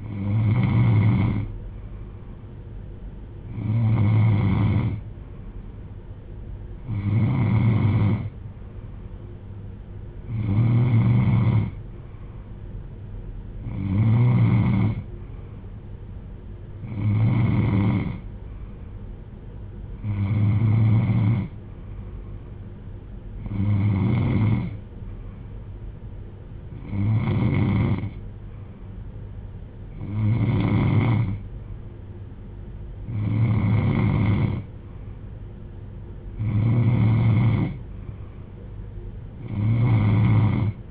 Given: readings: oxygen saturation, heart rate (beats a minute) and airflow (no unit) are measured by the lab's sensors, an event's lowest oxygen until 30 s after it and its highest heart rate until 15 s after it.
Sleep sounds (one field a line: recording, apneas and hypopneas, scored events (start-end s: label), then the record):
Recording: breathing in sleep by a smartphone at the bedside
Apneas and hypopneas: none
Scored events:
none scored
From the record:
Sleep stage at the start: N3 (deep sleep)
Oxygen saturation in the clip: 93 to 94%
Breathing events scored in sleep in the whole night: 310 in 8.1 hours asleep